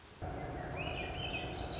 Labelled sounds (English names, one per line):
Swainson's Thrush